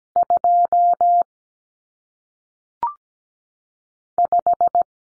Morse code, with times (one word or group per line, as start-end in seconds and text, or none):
0.2-1.2 2
4.2-4.8 5